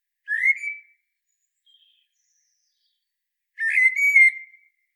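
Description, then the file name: Common blackbird with a brief rising whistled note, then a longer warbled phrase with scratchy high overtones; quiet background otherwise. "Turdus merula"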